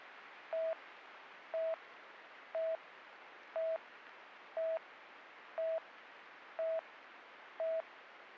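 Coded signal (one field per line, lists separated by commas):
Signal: none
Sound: police radio channel beeps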